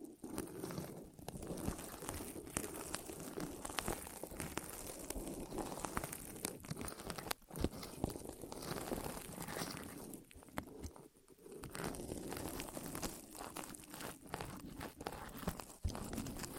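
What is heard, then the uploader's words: Rolling on the ears fills the clip with dense, steady crinkling and crackling texture, briefly dropping out near eight and eleven seconds. ASMR Rolling On Your Ears (No Talking).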